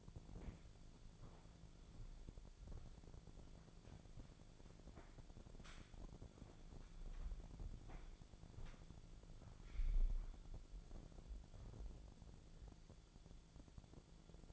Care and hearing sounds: daily activity, microphone in the room; walk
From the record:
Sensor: 5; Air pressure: 1008.4 hPa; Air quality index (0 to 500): 153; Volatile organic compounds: 3 ppm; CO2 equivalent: 1471 ppm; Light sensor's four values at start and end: 65/181/71/72 and 65/180/71/72

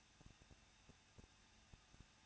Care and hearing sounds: daily activity, microphone in the room; no activity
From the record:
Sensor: 2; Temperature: 21.0 degrees Celsius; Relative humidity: 37.4%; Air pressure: 1006.2 hPa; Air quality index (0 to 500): 222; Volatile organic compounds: 24 ppm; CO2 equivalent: 2809 ppm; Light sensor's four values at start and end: 2/3/2/2 and 2/3/2/2

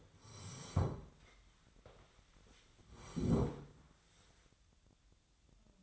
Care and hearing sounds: daily activity, microphone in the room; sit down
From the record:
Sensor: 3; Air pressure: 1015.2 hPa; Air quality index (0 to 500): 145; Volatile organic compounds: 8 ppm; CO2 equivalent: 2060 ppm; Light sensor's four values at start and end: 15/38/15/16 and 15/38/15/16

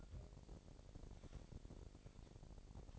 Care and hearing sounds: daily activity, microphone in the room; take from stove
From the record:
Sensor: 5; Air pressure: 1012.1 hPa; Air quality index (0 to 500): 236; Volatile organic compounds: 4 ppm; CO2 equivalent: 1568 ppm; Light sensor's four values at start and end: 47/106/46/50 and 48/111/47/50

